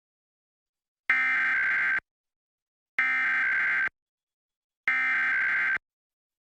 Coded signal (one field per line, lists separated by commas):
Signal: Emergency Alert System (SAME) tones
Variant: header bursts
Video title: KDFW Fox 4 Emergency Alert System (EAS) Test, 6/8/2021